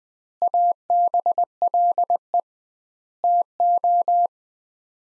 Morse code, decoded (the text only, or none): ABLE TO